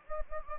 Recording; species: mosquito wingbeat signal from an infrared sensor; Anopheles gambiae